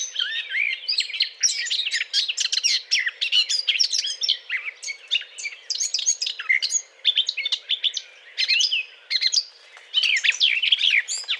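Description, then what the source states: Eurasian blackcap singing a long, rambling warble of quick scratchy notes mixed with clearer whistles, sustained with only short gaps. Courtship song.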